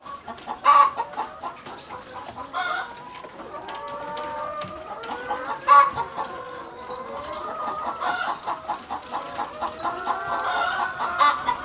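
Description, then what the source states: Chickens in a flock give drawn-out cackles and clucks, overlapping constantly, with sharp louder squawks every few seconds. Recorded in a henhouse.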